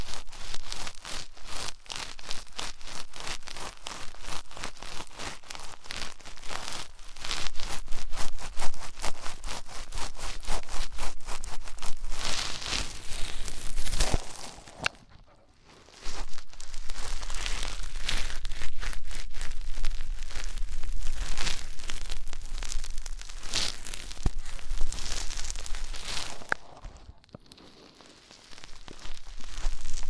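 Deep ear cleaning: dense, crackly scratching and rubbing that fills the sound from deep rumble to bright hiss, with quick irregular clicks and scrapes. It continues steadily, broken by two short silences near 15 and 27 seconds before resuming.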